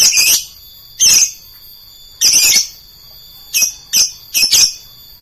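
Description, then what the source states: Lovebird giving three longer harsh screeches, then a faster run of shorter shrill squawks. Song style called konslet.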